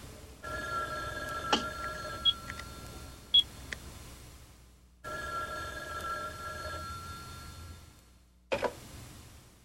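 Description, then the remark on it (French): A telephone rings in two long, steady bursts separated by a brief pause, its tone bright and buzzy, with a few sharp clicks and a clatter near the end as the ringing stops. “Ne décroche qu'à la troisième sonnerie.”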